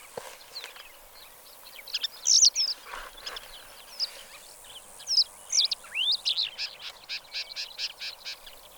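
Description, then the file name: Black lark song: scattered high chirps and slurred whistles, then a rapid rhythmic series of repeated notes near the end, over steady background hiss. "suara black lark"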